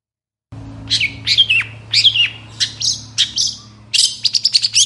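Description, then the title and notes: Long-tailed Shrike song in short bursts of squeaky, downslurred chirps, ending in a quick rattling series, with a constant low hum. Morning singing; described as energetic, varied song full of fill notes, used to provoke other shrikes into singing. "Cendet Gacor Dor Di Kala Pagi Toet Toet Variasi Suara. Suara Cendet Full Isian Yang Di Cari Pentet Manapun Supaya Cepat Ngotot Emosi Langsung Ikutan Bunyi. Burung cendet"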